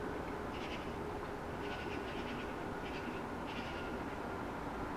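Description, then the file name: Eurasian magpie giving short harsh rattling chatters, about four bursts in five seconds, over steady low background noise. "Pica pica"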